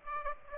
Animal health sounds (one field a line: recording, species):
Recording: mosquito wingbeat signal from an infrared sensor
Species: Aedes aegypti